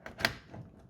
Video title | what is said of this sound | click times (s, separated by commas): AMD Ryzen R5 3600 - My 1st Computer Build. | firmly until it clicks in which it just did | 0.2 s